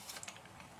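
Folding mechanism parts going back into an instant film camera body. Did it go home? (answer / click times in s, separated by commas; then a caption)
no / none. Plastic and metal folding-mechanism parts are pushed together as they go back into the body of a sticker-bombed Polaroid ONE600 instant film camera during reassembly. Faint handling clicks and taps are heard, with a brief sharper tick at about 0.2 s. Nothing has seated or clicked into place yet.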